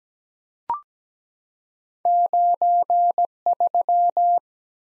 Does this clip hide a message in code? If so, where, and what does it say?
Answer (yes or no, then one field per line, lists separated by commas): yes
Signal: Morse code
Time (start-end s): 2.1-4.4 s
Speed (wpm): 17 wpm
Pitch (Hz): 700 Hz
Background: none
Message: 93